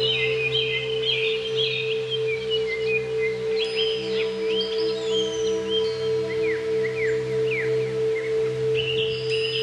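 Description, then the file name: Greater green leafbird song with rapid chattering phrases and rising and falling slurred whistles, over a constant low hum. "cucak ijo"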